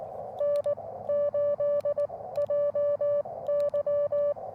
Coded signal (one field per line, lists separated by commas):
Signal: Morse code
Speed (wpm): 19 wpm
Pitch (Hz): 590 Hz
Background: music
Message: N8JY